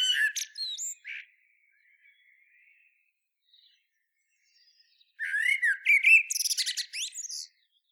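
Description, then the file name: Common blackbird song: a twittering phrase, a long quiet pause with faint warbles, then a longer phrase of low whistles and shrill squeaky notes. "Turdus merula"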